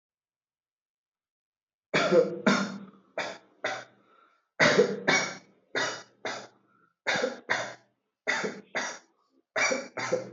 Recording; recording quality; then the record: heavy voluntary cough; excellent, no background noise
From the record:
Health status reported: healthy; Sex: male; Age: 38 years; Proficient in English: yes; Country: India